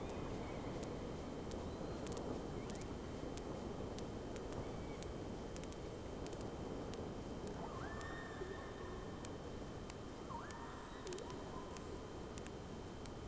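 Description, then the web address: Whale calls: a pair of flat, whistle-like tones that begin with a quick upward step, a few seconds apart, over constant rushing underwater noise. Two whales recorded on 3 October 2006 around 11:30. "Sea Snake 10-3-06 Whales X 2 11-30"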